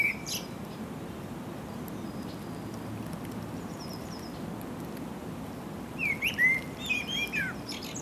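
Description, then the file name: Common blackbird with a brief note at the start, quiet for several seconds, then a fluted warbling phrase with a high twittered ending near the close. "Turdus merula"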